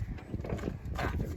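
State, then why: Not seated. A cutter's PTO driveshaft yoke is being handled and pushed onto the tractor's PTO output shaft, where spring-loaded ball bearings are meant to snap into the groove on the shaft. Steady low rumbling and scraping metal handling noise runs throughout, with no sharp hit. Nothing has seated or clicked yet.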